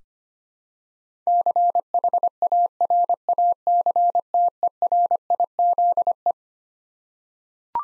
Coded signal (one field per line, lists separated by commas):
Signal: Morse code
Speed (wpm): 25 wpm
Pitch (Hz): 700 Hz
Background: none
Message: CHARACTERIZE